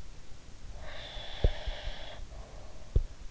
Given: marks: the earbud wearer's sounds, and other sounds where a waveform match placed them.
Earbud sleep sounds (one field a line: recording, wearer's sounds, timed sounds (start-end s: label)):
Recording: sounds in sleep by an in-ear microphone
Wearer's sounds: breath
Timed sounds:
0.72-3.16 s: breath
1.09-3.30 s: sound from someone else or the room